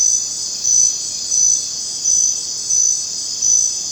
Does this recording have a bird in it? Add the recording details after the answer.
no. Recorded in dense forest near Puerto Asís, Putumayo, Colombia, on 19 June 2025 at 19:00. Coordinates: 0.484, -76.317. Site G045